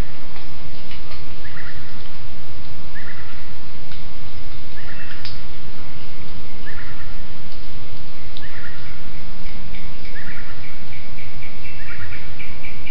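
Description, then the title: Bird calls: brief double-noted phrases repeated about every two seconds, then a faster run of notes near the end, over a continuous low hum. Jungle at Mungku Baru, Central Kalimantan province, Indonesia. "丛林的鸟叫大板岩-印度尼西亚中加里曼丹省Mungku Baru"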